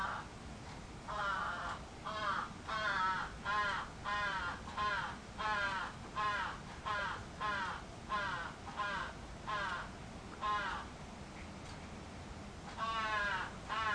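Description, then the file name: Crow cawing in a long rapid series of rough, nasal calls, more than one a second, pausing briefly before a final burst. Recorded 11 July 2011. "karasu 110711 0823"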